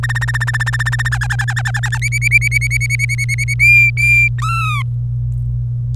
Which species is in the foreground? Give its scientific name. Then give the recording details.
Serinus canaria. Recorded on 25 April 2018 at 14:52. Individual llb3